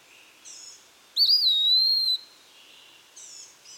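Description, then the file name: Eastern wood pewee giving one clear, slurred whistle that wavers, then glides slightly down and holds, with fainter high notes before and after. "Contopus virens - Eastern Wood Pewee"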